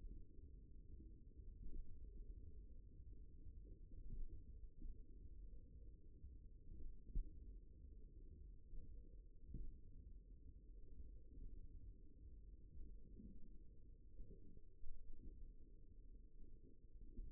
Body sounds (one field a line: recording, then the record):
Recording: forearm muscle sounds (acoustic myography)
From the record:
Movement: tripod grip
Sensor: system 1, eight BSWA MPA416 microphones around the upper forearm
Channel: 4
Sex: male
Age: 54 years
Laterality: right